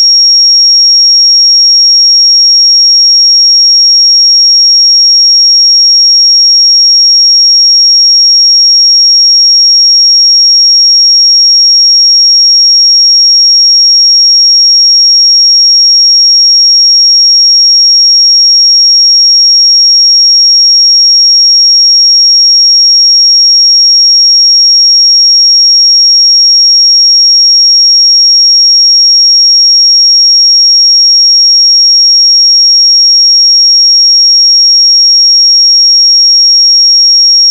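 A pure sine tone at 5580 Hz holds perfectly steady for the whole clip, a single thin, bright, high whistle with no change in pitch or level. Nothing else is heard, no background noise, no breaks, just the one unbroken tone.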